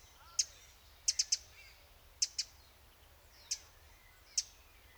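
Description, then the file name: Eurasian wren giving sharp, dry tick calls, singly and in quick clusters of two or three, spaced irregularly over a few seconds against quiet background hiss. "Troglodytes troglodytes"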